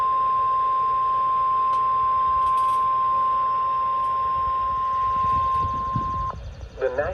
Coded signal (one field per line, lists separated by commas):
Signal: Emergency Alert System (SAME) tones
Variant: 1050 Hz attention tone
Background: speech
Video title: West Virginia Storms || EAS Alerts from 7/12/22 || EAS 314-322